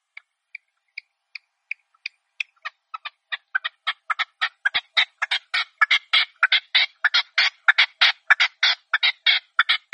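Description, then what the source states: Red-legged partridge calls starting as slow, soft single notes, accelerating into a dense, loud series of grating chuckling notes. Partridge call used as a hunting lure (reclamo).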